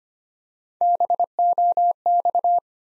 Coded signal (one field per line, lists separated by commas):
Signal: Morse code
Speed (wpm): 25 wpm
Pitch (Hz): 700 Hz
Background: none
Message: BOX